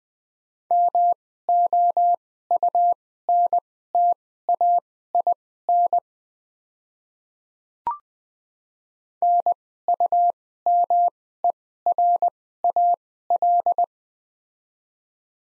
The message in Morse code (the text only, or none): MOUNTAIN NUMERAL